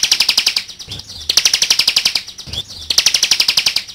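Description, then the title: Bar-winged prinia song made of rapid, even trills of high clicky notes, three bursts each lasting about a second with short pauses between. "Kicau Ciblek. ciblek jatra"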